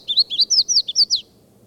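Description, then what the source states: Red-faced Warbler calling, a quick run of several high, sweeping notes lasting about a second, then quiet. At the foot of Mount Elden Road on 17 May, about 10 to 10:30 am, flying to another tree, after several other calls.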